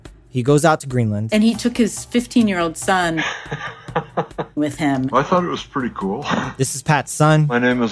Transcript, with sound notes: He goes out to Greenland.
And he took his 15-year-old son with him.
[laughs] Well, I thought it was pretty cool.
This is Pat’s son.